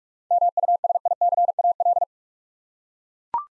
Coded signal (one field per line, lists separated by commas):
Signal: Morse code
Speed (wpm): 41 wpm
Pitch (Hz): 700 Hz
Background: none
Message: MUSICAL